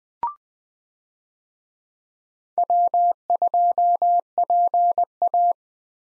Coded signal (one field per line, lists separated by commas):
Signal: Morse code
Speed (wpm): 20 wpm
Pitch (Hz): 700 Hz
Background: none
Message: W2PA